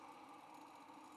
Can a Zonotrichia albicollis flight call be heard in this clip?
no